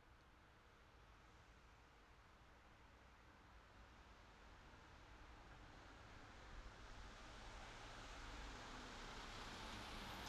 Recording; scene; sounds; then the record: everyday scene through a hearing-aid microphone; in traffic; traffic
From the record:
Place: city secondary road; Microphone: in the ear canal, left